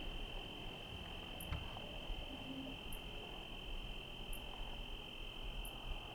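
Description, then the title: Cricket song: a steady, unbroken high trill, with faint sharp chirps repeating about every one and a half seconds and low rumbling noise beneath. Night recording in Trinity County, California, USA, dated 17/10/25 around 05:06 (time approximate); recorded on a Zoom H1 with internal XY microphones. "Trinity County, Californie, États-Unis d'Amérique - 17_10_25_05_06 grillons nuit voitures PLUIE"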